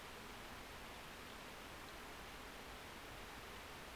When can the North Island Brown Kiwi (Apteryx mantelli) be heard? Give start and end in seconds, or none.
none